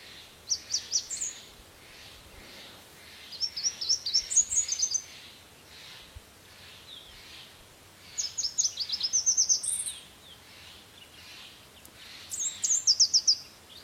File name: Canto do mariquita vermelha